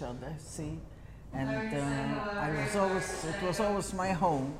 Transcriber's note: an announcement over a public address system is heard in the background on the tape